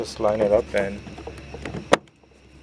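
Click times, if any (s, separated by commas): 1.9 s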